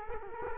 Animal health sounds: mosquito wingbeat signal from an infrared sensor; Culex quinquefasciatus

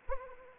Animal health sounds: mosquito wingbeat signal from an infrared sensor; Anopheles arabiensis

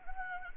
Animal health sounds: mosquito wingbeat signal from an infrared sensor; Anopheles gambiae

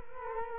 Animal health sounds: mosquito wingbeat signal from an infrared sensor; Culex quinquefasciatus

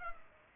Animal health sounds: mosquito wingbeat signal from an infrared sensor; Culex pipiens

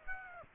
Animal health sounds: mosquito wingbeat signal from an infrared sensor; Aedes aegypti

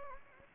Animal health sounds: mosquito wingbeat signal from an infrared sensor; Anopheles gambiae

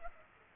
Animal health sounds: mosquito wingbeat signal from an infrared sensor; Culex pipiens

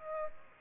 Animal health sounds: mosquito wingbeat signal from an infrared sensor; Aedes aegypti

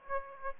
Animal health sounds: mosquito wingbeat signal from an infrared sensor; Aedes aegypti

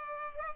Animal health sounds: mosquito wingbeat signal from an infrared sensor; Culex pipiens

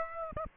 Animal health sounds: mosquito wingbeat signal from an infrared sensor; Aedes aegypti

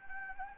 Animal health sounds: mosquito wingbeat signal from an infrared sensor; Anopheles gambiae

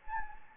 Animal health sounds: mosquito wingbeat signal from an infrared sensor; Anopheles gambiae

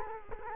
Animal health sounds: mosquito wingbeat signal from an infrared sensor; Culex quinquefasciatus

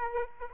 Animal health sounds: mosquito wingbeat signal from an infrared sensor; Aedes aegypti

